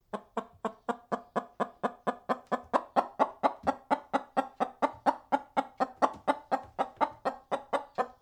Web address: Blast Wave Update 1 Chicken Clucks